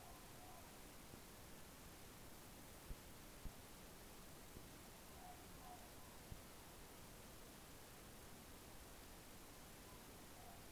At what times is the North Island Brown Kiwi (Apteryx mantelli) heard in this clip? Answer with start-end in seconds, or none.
none